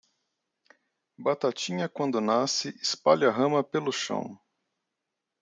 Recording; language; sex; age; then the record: short text; Brazilian Portuguese; male; 40 to 49 years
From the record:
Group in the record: control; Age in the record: 40 years